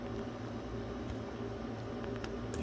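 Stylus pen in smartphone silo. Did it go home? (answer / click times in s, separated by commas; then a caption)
released / 2.5 s. The S Pen stylus stored in the body of a Samsung Galaxy 22 Ultra smartphone is pressed at its end to release it from its slot. Over a steady low hum, a few faint ticks come at about 2.0 to 2.2 seconds, then a sharp click at 2.5 seconds as the pen pops out of its silo, released.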